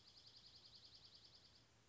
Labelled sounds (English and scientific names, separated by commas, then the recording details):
Dark-eyed Junco (Junco hyemalis)
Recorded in Sonoma County, California